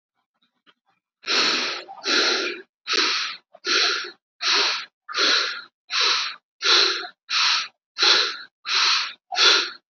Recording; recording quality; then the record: shallow breathing; excellent, no background noise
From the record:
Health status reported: healthy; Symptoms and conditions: diabetes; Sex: male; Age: 48 years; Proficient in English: yes